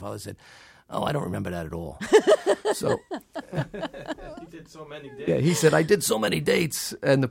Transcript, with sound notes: And my father said oh, I don't remember that at all.
(LAUGHTER)
He did so many things.
Yeah, he said I did so many dates.